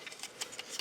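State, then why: Not seated. A plastic combiner part is brought into the figure's slot, making a run of five short, light plastic ticks at about 0.1, 0.2, 0.4, 0.6 and 0.8 seconds. The part does not lock into place, and nothing has seated or clicked yet.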